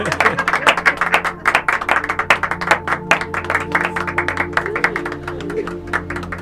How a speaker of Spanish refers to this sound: Muy bien, aplauso para subir a la nube, que la tenemos nuevamente recuperada también.